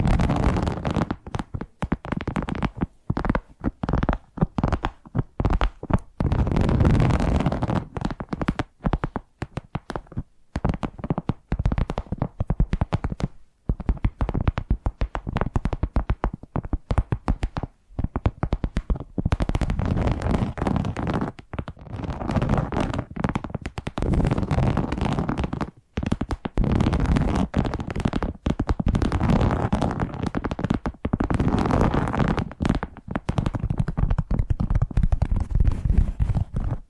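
Rapid tapping goes on for the whole stretch in a dense, crackling flurry, with dull low knocks under crisp, bright clicks. The pace stays fast and fairly even, broken only by brief gaps near 10, 13, 18 and 26 seconds.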